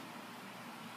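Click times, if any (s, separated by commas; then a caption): none. A plastic spear retainer is handled as it is fitted into the bracket of a Rollease system on a Roman shade headrail. Only a steady, even hiss with a low hum near 200 Hz is heard, with no sharp sounds. The retainer has not clicked or locked into the bracket yet.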